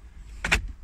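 The lockable glove box lid in the dashboard of a Porsche 911 Carrera S Cabriolet is pushed shut after being opened. Two short, bright broadband snaps stand out against a low rumble, the first at 0.4 seconds and a second, slightly stronger one just after. The lid latches and seats cleanly at 0.4 seconds.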